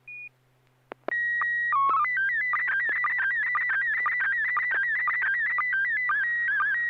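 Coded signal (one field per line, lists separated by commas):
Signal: SSTV (slow-scan television)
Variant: PD 120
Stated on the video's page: SSTV net on a 441.300 MHz FM repeater, images sent with MMSSTV.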